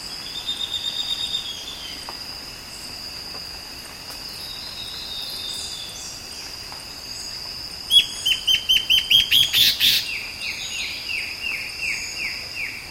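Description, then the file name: Bird calls: a few faint high notes at first, then a quick burst of sharp, ringing notes, followed by a repeated run of falling, slurred notes over a steady high hum. "SABIOD 50 bird 2015"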